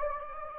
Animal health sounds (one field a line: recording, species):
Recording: mosquito wingbeat signal from an infrared sensor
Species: Anopheles gambiae